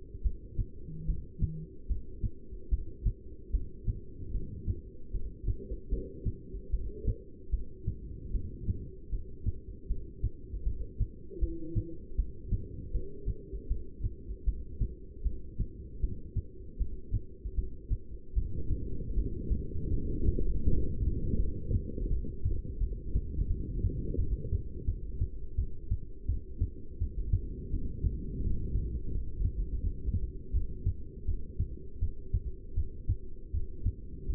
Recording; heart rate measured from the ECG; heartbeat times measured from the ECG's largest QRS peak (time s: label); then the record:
heart sounds by stethoscope; 79 bpm
0.23 s: heartbeat
1.06 s: heartbeat
1.88 s: heartbeat
2.70 s: heartbeat
3.52 s: heartbeat
4.32 s: heartbeat
5.12 s: heartbeat
5.90 s: heartbeat
6.71 s: heartbeat
7.51 s: heartbeat
8.32 s: heartbeat
9.11 s: heartbeat
9.88 s: heartbeat
10.65 s: heartbeat
11.40 s: heartbeat
12.17 s: heartbeat
12.93 s: heartbeat
13.69 s: heartbeat
14.46 s: heartbeat
15.24 s: heartbeat
16.01 s: heartbeat
16.79 s: heartbeat
17.56 s: heartbeat
18.35 s: heartbeat
19.15 s: heartbeat
19.91 s: heartbeat
20.65 s: heartbeat
21.38 s: heartbeat
22.09 s: heartbeat
22.80 s: heartbeat
23.49 s: heartbeat
24.18 s: heartbeat
24.87 s: heartbeat
25.57 s: heartbeat
26.27 s: heartbeat
27.00 s: heartbeat
27.71 s: heartbeat
28.43 s: heartbeat
29.13 s: heartbeat
29.82 s: heartbeat
30.54 s: heartbeat
31.26 s: heartbeat
32.00 s: heartbeat
32.75 s: heartbeat
33.52 s: heartbeat
34.30 s: heartbeat
From the record:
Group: heart failure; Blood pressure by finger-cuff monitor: 172/117 mmHg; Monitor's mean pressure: 135 mmHg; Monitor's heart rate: 78 bpm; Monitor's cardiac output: 7 L/min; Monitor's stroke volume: 91 mL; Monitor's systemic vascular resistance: 1430 dyn s/cm5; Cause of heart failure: non-ischemic cardiomyopathy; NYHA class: 1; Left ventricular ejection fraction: 62%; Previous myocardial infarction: absent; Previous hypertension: present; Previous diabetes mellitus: present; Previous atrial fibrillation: absent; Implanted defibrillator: absent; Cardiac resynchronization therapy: absent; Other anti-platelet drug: absent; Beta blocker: bisoprolol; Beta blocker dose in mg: 10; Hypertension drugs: sacubitril-valsartan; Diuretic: furosemide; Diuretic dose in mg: 20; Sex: male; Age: 49 years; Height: 167 cm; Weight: 110 kg